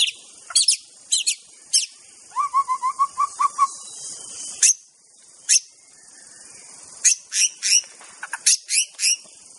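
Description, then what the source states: White-rumped shama singing sharp, clipped notes and a quick run of repeated lower whistles, separated by short gaps, with constant high-pitched insect buzzing behind. Wild bird singing in forest.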